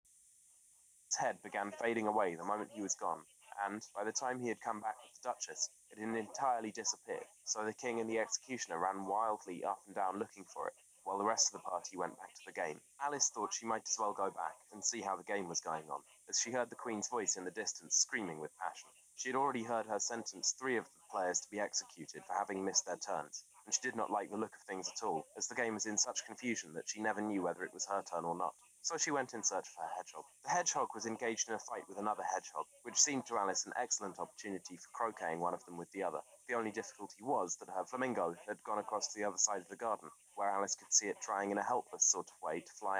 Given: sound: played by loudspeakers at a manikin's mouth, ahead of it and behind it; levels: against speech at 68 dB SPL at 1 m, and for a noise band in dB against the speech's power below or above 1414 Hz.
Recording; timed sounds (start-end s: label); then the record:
test signals for a remote microphone
1.10-43.00 s: man speaking, babble ahead at +6 dB SNR for speech at 1 m
From the record:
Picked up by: remote microphone C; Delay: 23 ms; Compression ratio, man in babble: 1.37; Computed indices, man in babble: HASPI 0.990, HASQI 0.225 (non-linear 0.266, linear 0.842), ESTOI 0.695